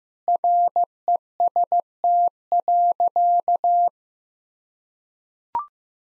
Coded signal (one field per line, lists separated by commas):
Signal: Morse code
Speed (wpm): 15 wpm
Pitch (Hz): 700 Hz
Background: none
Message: REST.